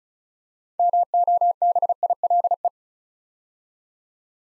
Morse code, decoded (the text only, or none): MOBILE